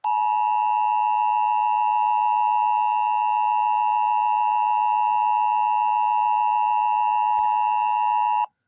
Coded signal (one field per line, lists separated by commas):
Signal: Emergency Alert System (SAME) tones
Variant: 853 and 960 Hz attention tone